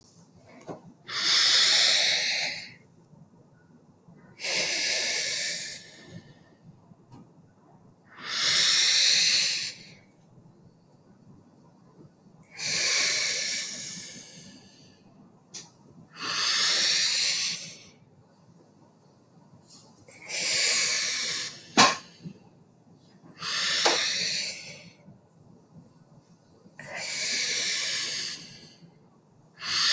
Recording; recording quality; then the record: deep breathing; excellent, no background noise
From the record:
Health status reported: healthy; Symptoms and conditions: none ticked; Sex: male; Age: 33 years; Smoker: not ticked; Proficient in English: yes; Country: India